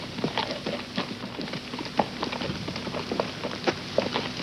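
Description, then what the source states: Horse hooves knocking in a brisk, uneven rhythm, many clops crowding together with a few brighter ringing strikes. Long steady walk.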